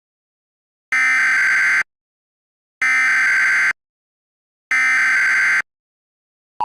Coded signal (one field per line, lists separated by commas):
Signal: Emergency Alert System (SAME) tones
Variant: header bursts